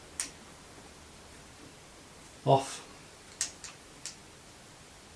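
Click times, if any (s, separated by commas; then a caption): 0.2 s. A square-shaped reversible spray tip is pushed into the tip guard of the airless spray gun on a Graco 495 ST Max II airless sprayer with a Fine Finish Kit hopper, where it fits in only one position and locks into place with a single sharp tick at 0.2 s. Someone talks briefly around 2.5 s, and a few more short ticks follow at about 3.4, 3.6 and 4.1 s.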